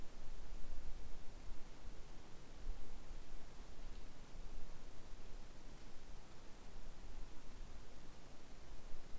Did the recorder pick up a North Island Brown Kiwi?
no